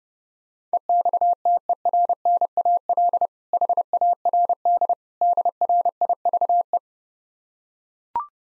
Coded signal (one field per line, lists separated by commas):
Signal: Morse code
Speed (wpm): 30 wpm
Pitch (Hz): 700 Hz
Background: none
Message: EXTERNAL HARD DRIVE